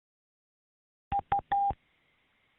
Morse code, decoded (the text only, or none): none